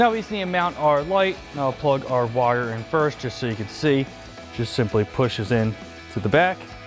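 Someone talks while the wire harness plug is being pushed into the back of a Morimoto 4Banger LED ditch light housing on a Jeep Wrangler JL. Nothing has seated or clicked yet.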